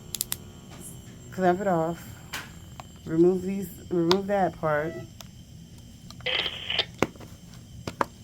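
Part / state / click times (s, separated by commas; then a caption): plastic canister into a wound vacuum therapy unit / seated / 8.0 s. After the hoses are clamped and removed, a plastic canister is pushed back into a wound vacuum therapy unit while someone talks. Several sharp clicks and handling knocks occur along the way, and the canister snaps back into place with a crisp click at 8.0 s, fully seated.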